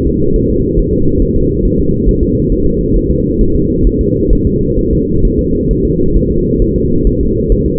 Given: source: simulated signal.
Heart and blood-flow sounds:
fetal heart sounds
0.07 s: S2
0.36 s: S1
0.50 s: S2
0.79 s: S1
0.93 s: S2
1.22 s: S1
1.36 s: S2
1.65 s: S1
1.80 s: S2
2.09 s: S1
2.23 s: S2
2.52 s: S1
2.66 s: S2
2.97 s: S1
3.11 s: S2
3.41 s: S1
3.56 s: S2
3.87 s: S1
4.01 s: S2
4.33 s: S1
4.47 s: S2
4.79 s: S1
4.93 s: S2
5.25 s: S1
5.39 s: S2
5.71 s: S1
5.85 s: S2
6.17 s: S1
6.31 s: S2
6.62 s: S1
6.76 s: S2
7.07 s: S1
7.21 s: S2
7.52 s: S1
7.66 s: S2
From the record:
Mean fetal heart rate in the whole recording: 135 bpm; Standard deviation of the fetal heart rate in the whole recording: 3 bpm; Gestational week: 36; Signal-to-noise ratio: -15.3 dB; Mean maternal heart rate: 72 bpm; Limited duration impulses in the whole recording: present

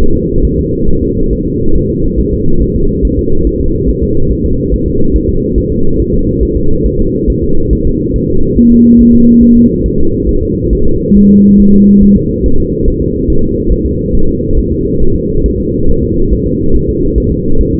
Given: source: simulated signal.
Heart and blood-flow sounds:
fetal heart sounds
0.02 s: S1
0.16 s: S2
0.45 s: S1
0.59 s: S2
0.89 s: S1
1.03 s: S2
1.33 s: S1
1.47 s: S2
1.76 s: S1
1.90 s: S2
2.20 s: S1
2.34 s: S2
2.62 s: S1
2.76 s: S2
3.05 s: S1
3.19 s: S2
3.47 s: S1
3.61 s: S2
3.90 s: S1
4.03 s: S2
4.32 s: S1
4.46 s: S2
4.74 s: S1
4.88 s: S2
5.16 s: S1
5.30 s: S2
5.58 s: S1
5.72 s: S2
6.00 s: S1
6.14 s: S2
6.43 s: S1
6.57 s: S2
6.86 s: S1
7.00 s: S2
7.30 s: S1
7.44 s: S2
7.73 s: S1
7.87 s: S2
8.16 s: S1
8.30 s: S2
8.58 s: S1
8.72 s: S2
9.01 s: S1
9.15 s: S2
9.43 s: S1
9.57 s: S2
9.86 s: S1
10.00 s: S2
10.29 s: S1
10.43 s: S2
10.73 s: S1
10.87 s: S2
11.17 s: S1
11.31 s: S2
11.60 s: S1
11.74 s: S2
12.03 s: S1
12.17 s: S2
12.46 s: S1
12.60 s: S2
12.88 s: S1
13.02 s: S2
13.30 s: S1
13.44 s: S2
13.72 s: S1
13.86 s: S2
14.15 s: S1
14.29 s: S2
14.59 s: S1
14.72 s: S2
15.02 s: S1
15.16 s: S2
15.46 s: S1
15.60 s: S2
15.90 s: S1
16.03 s: S2
16.33 s: S1
16.47 s: S2
16.75 s: S1
16.90 s: S2
17.18 s: S1
17.32 s: S2
17.61 s: S1
17.75 s: S2
From the record:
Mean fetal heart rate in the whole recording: 140 bpm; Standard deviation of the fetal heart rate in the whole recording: 2 bpm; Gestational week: 34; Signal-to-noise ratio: -19.1 dB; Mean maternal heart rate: 72 bpm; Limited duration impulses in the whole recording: present

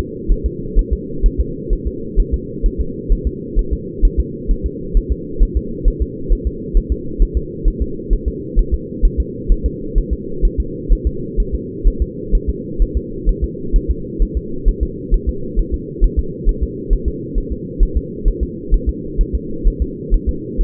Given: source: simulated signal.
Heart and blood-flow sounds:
fetal heart sounds
0.32 s: S1
0.46 s: S2
0.79 s: S1
0.93 s: S2
1.26 s: S1
1.40 s: S2
1.73 s: S1
1.87 s: S2
2.20 s: S1
2.34 s: S2
2.66 s: S1
2.81 s: S2
3.12 s: S1
3.27 s: S2
3.59 s: S1
3.73 s: S2
4.05 s: S1
4.20 s: S2
4.51 s: S1
4.66 s: S2
4.97 s: S1
5.12 s: S2
5.43 s: S1
5.57 s: S2
5.88 s: S1
6.02 s: S2
6.32 s: S1
6.47 s: S2
6.77 s: S1
6.92 s: S2
7.22 s: S1
7.37 s: S2
7.68 s: S1
7.82 s: S2
8.13 s: S1
8.28 s: S2
8.59 s: S1
8.74 s: S2
9.05 s: S1
9.20 s: S2
9.52 s: S1
9.66 s: S2
9.98 s: S1
10.13 s: S2
10.45 s: S1
10.60 s: S2
10.92 s: S1
11.07 s: S2
11.40 s: S1
11.55 s: S2
11.88 s: S1
12.02 s: S2
12.35 s: S1
12.50 s: S2
12.82 s: S1
12.97 s: S2
13.29 s: S1
13.44 s: S2
13.76 s: S1
13.91 s: S2
14.22 s: S1
14.37 s: S2
14.68 s: S1
14.83 s: S2
15.14 s: S1
15.29 s: S2
15.59 s: S1
15.74 s: S2
16.04 s: S1
16.19 s: S2
16.49 s: S1
16.63 s: S2
16.93 s: S1
17.08 s: S2
17.38 s: S1
17.52 s: S2
17.83 s: S1
17.97 s: S2
18.28 s: S1
18.43 s: S2
18.74 s: S1
18.89 s: S2
19.21 s: S1
19.35 s: S2
19.68 s: S1
19.82 s: S2
20.14 s: S1
20.29 s: S2
20.61 s: S1
From the record:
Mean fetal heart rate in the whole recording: 130 bpm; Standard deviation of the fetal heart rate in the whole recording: 2 bpm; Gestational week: 38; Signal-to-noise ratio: -4.3 dB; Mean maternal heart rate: 72 bpm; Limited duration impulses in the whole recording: absent

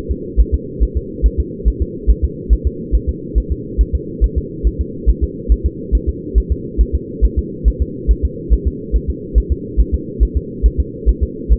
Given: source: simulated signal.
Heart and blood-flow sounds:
fetal heart sounds
0.11 s: S2
0.40 s: S1
0.54 s: S2
0.83 s: S1
0.97 s: S2
1.26 s: S1
1.40 s: S2
1.68 s: S1
1.82 s: S2
2.10 s: S1
2.24 s: S2
2.53 s: S1
2.67 s: S2
2.95 s: S1
3.09 s: S2
3.38 s: S1
3.52 s: S2
3.81 s: S1
3.95 s: S2
4.24 s: S1
4.38 s: S2
4.67 s: S1
4.81 s: S2
5.09 s: S1
5.23 s: S2
5.52 s: S1
5.66 s: S2
5.95 s: S1
6.09 s: S2
6.38 s: S1
6.52 s: S2
6.81 s: S1
6.95 s: S2
7.24 s: S1
7.39 s: S2
7.68 s: S1
7.82 s: S2
8.11 s: S1
8.25 s: S2
8.53 s: S1
8.67 s: S2
8.96 s: S1
9.10 s: S2
9.38 s: S1
9.52 s: S2
9.80 s: S1
9.94 s: S2
10.23 s: S1
10.37 s: S2
10.66 s: S1
10.80 s: S2
11.09 s: S1
11.23 s: S2
11.52 s: S1
From the record:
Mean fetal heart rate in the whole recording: 140 bpm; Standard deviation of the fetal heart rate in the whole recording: 2 bpm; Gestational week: 34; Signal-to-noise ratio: -4.1 dB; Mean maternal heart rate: no maternal heart sound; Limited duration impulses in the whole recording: absent

